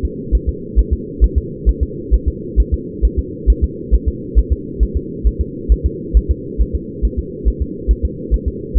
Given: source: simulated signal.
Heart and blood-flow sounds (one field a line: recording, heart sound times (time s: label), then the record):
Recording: fetal heart sounds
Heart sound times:
0.05 s: S2
0.35 s: S1
0.49 s: S2
0.79 s: S1
0.93 s: S2
1.24 s: S1
1.38 s: S2
1.69 s: S1
1.83 s: S2
2.14 s: S1
2.28 s: S2
2.60 s: S1
2.74 s: S2
3.05 s: S1
3.19 s: S2
3.50 s: S1
3.64 s: S2
3.94 s: S1
4.08 s: S2
4.39 s: S1
4.53 s: S2
4.83 s: S1
4.97 s: S2
5.27 s: S1
5.41 s: S2
5.72 s: S1
5.86 s: S2
6.17 s: S1
6.31 s: S2
6.61 s: S1
6.75 s: S2
7.05 s: S1
7.19 s: S2
7.48 s: S1
7.62 s: S2
7.91 s: S1
8.05 s: S2
8.34 s: S1
8.48 s: S2
8.78 s: S1
From the record:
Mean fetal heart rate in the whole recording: 135 bpm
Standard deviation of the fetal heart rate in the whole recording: 3 bpm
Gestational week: 34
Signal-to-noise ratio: -4.1 dB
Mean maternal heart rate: no maternal heart sound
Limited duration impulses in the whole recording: absent